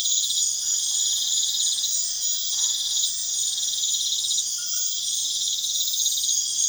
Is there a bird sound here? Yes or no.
no